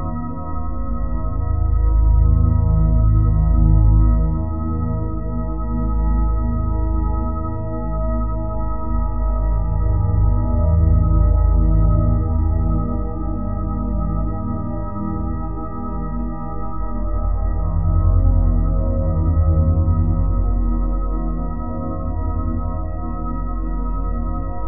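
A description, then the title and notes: A sustained 174Hz solfeggio tone drone, layered with steady ringing overtones like a singing bowl. The low end swells and ebbs slowly, with a deep throbbing pulse, while the higher ringing lines hold constant throughout. Nothing else breaks in. Pain Relieving Tones Solfeggio Frequency 174Hz.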